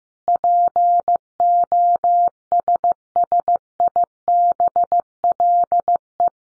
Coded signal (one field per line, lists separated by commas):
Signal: Morse code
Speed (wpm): 15 wpm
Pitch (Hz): 700 Hz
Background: none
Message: POSSIBLE